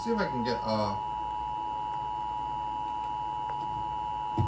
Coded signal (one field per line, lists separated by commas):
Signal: Emergency Alert System (SAME) tones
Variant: 853 and 960 Hz attention tone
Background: speech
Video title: WHEN YOU SELPT THROUGH YOUR ALARM & MISSED THE 4:50AM RMT - EAS Tests From 12/20/24 (EAS #3172-3182)